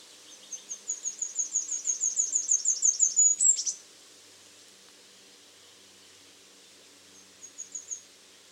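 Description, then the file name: Great tit call series: quick, evenly spaced high-pitched notes building in loudness for about three seconds, then a quiet pause and a shorter, softer burst. "Parus major"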